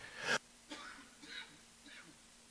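A run of four harsh, noisy coughs about half a second apart from an adult man. The first is the loudest and the next three are progressively weaker. This is a brief coughing fit.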